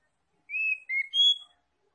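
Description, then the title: Oriental magpie-robin song: three clear whistled notes, the first two level and the last rising higher, all in about one second. Tretes is named with the bird; its singing is described as gacor, meaning vigorous, frequent song. "Kacer Tretes"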